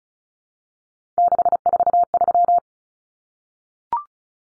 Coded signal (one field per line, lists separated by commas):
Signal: Morse code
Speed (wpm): 34 wpm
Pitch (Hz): 700 Hz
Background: none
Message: 643